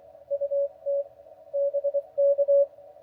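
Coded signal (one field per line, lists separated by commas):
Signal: Morse code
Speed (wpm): 26 wpm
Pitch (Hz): 560 Hz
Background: none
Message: UT BK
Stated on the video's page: Morse heard while hunting park (POTA) activations on 20m with the Pebble HF QRP radio kit.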